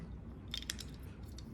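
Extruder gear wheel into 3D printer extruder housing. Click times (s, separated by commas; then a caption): 0.7 s. An extruder gear wheel is pushed into the extruder housing of a Bambu Lab P1S series 3D printer after the tension screw has been loosened a little so the wheel can go in. A few light clicks and scrapes come from about 0.5 s on, then a sharp click at 0.7 s as the wheel seats in place.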